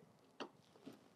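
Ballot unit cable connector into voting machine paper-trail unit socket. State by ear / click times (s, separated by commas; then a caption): seated / 0.4 s. A ballot unit cable connector, lined up red-to-red and black-to-black with "TOP" facing up, is gently pushed into the socket of a voting machine's paper-trail (VVPAT) unit. It gives a sharp click at 0.4 s as it seats, meaning the ballot unit is connected, followed by a softer tap near 0.9 s.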